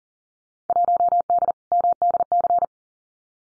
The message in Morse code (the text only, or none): 1D MDC